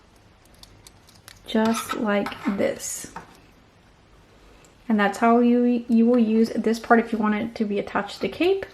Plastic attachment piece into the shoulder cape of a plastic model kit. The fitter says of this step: and it just pops into place